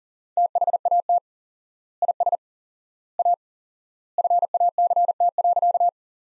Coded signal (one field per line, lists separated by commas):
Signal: Morse code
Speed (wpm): 40 wpm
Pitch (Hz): 700 Hz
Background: none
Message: THAT IS A FACT.